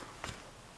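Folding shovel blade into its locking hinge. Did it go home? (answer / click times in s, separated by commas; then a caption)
no / none. A folding blade on a cheap metal Ozark Trail tri-fold shovel is handled as it is moved toward its locking hinge. A brief knock and clack sounds around 0.2–0.3 seconds over a low, steady background. The blade has not locked into place yet.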